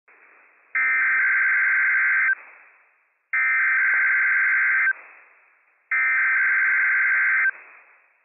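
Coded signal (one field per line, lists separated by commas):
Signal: Emergency Alert System (SAME) tones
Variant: header bursts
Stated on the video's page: Required Weekly Test from the National Weather Service, Pendleton, Oregon, on a weather radio transmitter.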